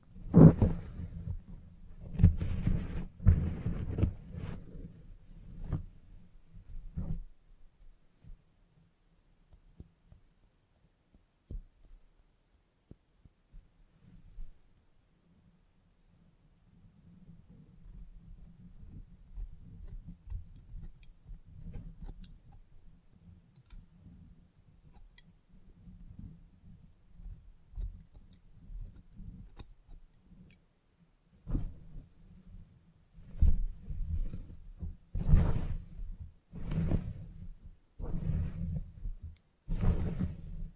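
Salon haircut sounds: quick bursts of sharp scissor snips cluster in the first seven seconds and return repeatedly over the last ten. Between them, a low, steady buzzing rumble with soft rubbing runs through the middle stretch, with only scattered clicks.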